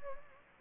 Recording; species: mosquito wingbeat signal from an infrared sensor; Anopheles gambiae